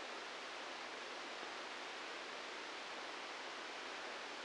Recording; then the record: brain microelectrode recording played as sound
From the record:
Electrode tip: outside the subthalamic nucleus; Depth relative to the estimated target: 4 mm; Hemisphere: right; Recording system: NeuroSet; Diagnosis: Parkinson's disease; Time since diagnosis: 15 years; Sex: female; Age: 59 years